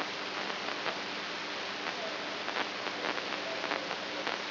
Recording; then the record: brain microelectrode recording played as sound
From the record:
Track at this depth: inside the subthalamic nucleus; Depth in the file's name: 5.312 mm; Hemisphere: right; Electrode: 2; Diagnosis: Parkinson's disease